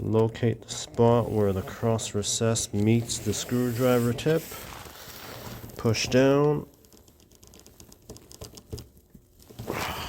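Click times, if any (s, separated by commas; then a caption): 7.8 s, 7.9 s, 8.2 s, 8.3 s, 8.6 s. A Phillips #2 screwdriver tip is pushed down into a deliberately stripped cross-recess screw head and turned while someone talks. The tip cams out with a rapid series of sharp grinding clicks at 7.8, 7.9, 8.2, 8.3 and 8.6 seconds, and the screw stays stripped.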